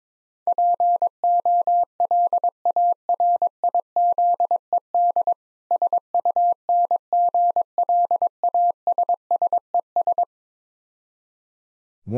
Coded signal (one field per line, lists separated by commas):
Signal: Morse code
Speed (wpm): 22 wpm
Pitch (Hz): 700 Hz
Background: none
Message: POLARIZED SUNGLASSES